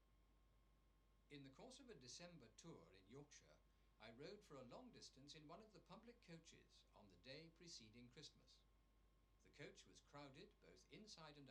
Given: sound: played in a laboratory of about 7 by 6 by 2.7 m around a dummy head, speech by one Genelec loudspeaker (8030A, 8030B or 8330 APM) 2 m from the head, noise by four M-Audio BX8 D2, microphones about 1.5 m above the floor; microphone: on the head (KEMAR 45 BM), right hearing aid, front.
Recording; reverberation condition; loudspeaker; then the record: male speech in English; low; 30 degrees to the right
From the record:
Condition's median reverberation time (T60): about 310 ms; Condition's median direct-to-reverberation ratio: about 3.5 dB